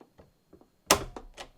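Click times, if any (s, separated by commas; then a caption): 0.9 s. A Cricut craft-cutter drawing pen is placed tip-down into the cutting machine's tool clamp and pushed down. After a few faint taps, one sharp, loud click at 0.9 s seats the pen in the clamp, followed by two softer knocks around 1.2 and 1.4 s.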